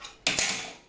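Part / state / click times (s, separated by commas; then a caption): drawer fitting into the drawer frame / seated / 0.3 s. A shaped fitting for an IKEA MAXIMERA drawer is lowered from the top into its slot on the drawer frame and snaps in with a sharp, bright click at 0.3 s, followed by a second sharp tap at 0.4 s that rings out and fades. The fitting is seated in the drawer frame.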